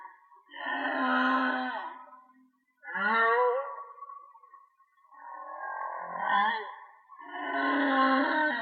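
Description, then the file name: Whale song: a sequence of four drawn-out tonal wails with rich overtones. "Whale Song-colin"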